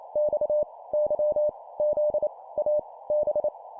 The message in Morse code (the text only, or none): X Y Z A B